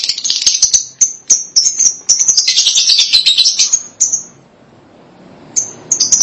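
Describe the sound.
Lovebird chattering: dense, shrill, high chirps in fast series with harsher raspy stretches, a short lull, then further piercing chirps.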